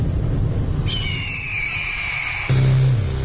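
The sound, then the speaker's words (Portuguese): A single high, drawn-out eagle screech glides slowly downward in pitch over a steady low rumble, cut off abruptly as a louder, deeper tone takes over. “A águia mais furiosa e evoluída do planeta chegou.”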